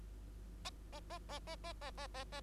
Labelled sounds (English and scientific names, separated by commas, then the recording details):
Bengalese Finch (Lonchura striata domestica) song
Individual Bird2